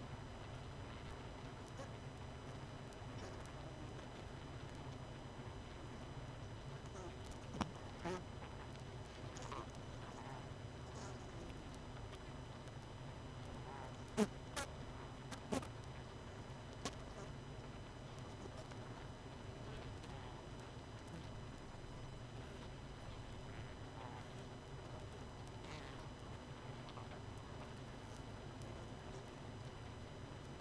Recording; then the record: honeybee colony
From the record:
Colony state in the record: missing queen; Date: 31 May 2018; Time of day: 22:38